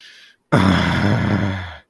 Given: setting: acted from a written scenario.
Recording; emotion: vocal sound without words; anger